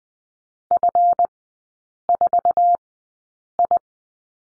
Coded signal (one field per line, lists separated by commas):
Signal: Morse code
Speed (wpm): 20 wpm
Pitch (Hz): 700 Hz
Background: none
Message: F4I